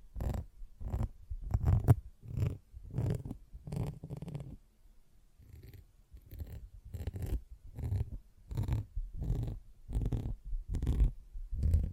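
A sponge is scrubbed in quick, regular rasping strokes, about two per second, with a brief quieter pause near the middle.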